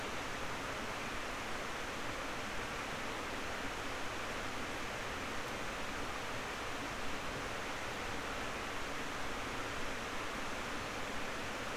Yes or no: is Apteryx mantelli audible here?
no